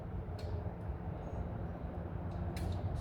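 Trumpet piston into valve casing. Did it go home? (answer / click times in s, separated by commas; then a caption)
no / none. The second trumpet piston is dropped into its metal valve casing and rotated to find the valve guide slot, with a steady low rumble underneath and a few brief, faint scraping sounds near 0.4 s, 2.6 s and 3.0 s. The piston does not click into place; it is getting stuck and needs more oil, so nothing has seated or clicked yet.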